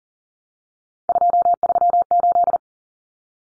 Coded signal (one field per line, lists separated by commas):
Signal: Morse code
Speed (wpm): 40 wpm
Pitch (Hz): 700 Hz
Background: none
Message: 238